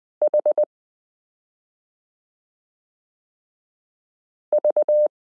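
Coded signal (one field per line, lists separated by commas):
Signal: Morse code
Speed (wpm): 20 wpm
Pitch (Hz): 600 Hz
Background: none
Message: H V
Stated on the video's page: Morse lesson 29 of a 72-part Koch-method variation series, introducing the 30th character, the number 8.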